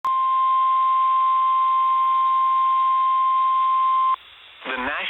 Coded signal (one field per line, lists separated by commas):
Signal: Emergency Alert System (SAME) tones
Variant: 1050 Hz attention tone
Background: speech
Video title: EAS #55: Severe Thunderstorm Warning